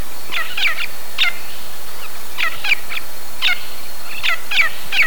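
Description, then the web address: Bird calling in short clusters of squawky, slightly descending notes, bursts separated by brief gaps, with a steady thin high whine in the background. "BIRD 2015 SABIOD 50 bird 2015"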